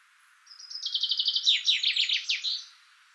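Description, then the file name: Common chaffinch song: a cascading trill of repeated notes, descending, rounded off by a brief terminal flourish. "Fringilla coelebs"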